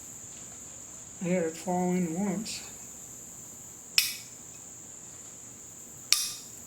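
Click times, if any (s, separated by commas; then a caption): 6.1 s. Someone talks while fitting a metal part of the trigger/magazine housing assembly into the housing of an M91TS rifle, with a steady high-pitched whine running underneath. A sharp click sounds at 4.0 s, then a sharp metallic snap at 6.1 s as the part is pushed in and seats in place.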